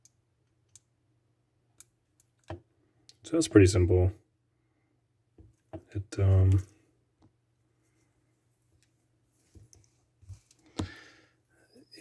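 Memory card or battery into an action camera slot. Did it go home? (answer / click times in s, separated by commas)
yes / 10.8 s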